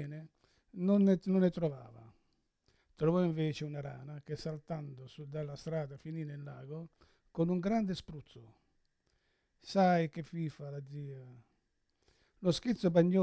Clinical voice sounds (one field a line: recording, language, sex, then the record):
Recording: read passage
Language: Italian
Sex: male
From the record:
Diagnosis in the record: Parkinson's disease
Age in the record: 71 years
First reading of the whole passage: 60 s, 8.7 characters per second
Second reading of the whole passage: 57 s, 9.1 characters per second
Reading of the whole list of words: 54 s, 5.3 characters per second